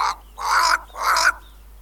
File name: Black Crow (Corvus capensis)